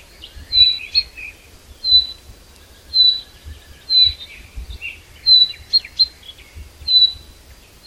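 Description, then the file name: Common chaffinch repeating a thin, piercing whistle roughly every second, with fainter chatter in the background. "Fringilla coelebs"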